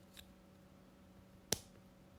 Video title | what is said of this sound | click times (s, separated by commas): @3-DPuzzleBuilder ROKR LGA02 “Chocolate Factory Marble Run”, Assembly STEP 3 | just like that you heard it pop in | 1.5 s